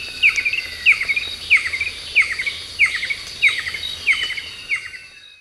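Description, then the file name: Banded kingfisher repeating clear whistles with falling tails, eight notes at an even pace, while insects drone constantly in the background. "cekakak hutan melayu"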